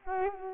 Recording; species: mosquito wingbeat signal from an infrared sensor; Culex quinquefasciatus